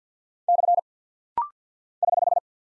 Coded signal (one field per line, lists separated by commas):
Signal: Morse code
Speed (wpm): 48 wpm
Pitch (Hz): 700 Hz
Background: none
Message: / <HH>